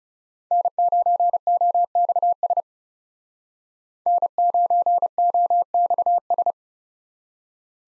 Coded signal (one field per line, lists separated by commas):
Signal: Morse code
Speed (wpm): 38 wpm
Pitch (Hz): 700 Hz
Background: none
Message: N9OXS N9OXS